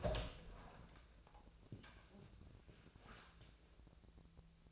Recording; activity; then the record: daily activity, microphone in the room; open door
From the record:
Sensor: 2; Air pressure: 1000.3 hPa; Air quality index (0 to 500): 167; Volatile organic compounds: 3 ppm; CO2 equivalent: 1393 ppm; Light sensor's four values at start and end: 11/26/11/12 and 11/27/11/12